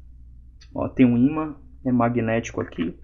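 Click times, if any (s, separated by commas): none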